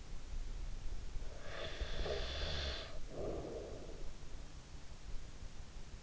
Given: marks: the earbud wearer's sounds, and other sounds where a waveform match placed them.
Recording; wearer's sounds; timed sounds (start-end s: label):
sounds in sleep by an in-ear microphone; breath
0.87-4.58 s: breath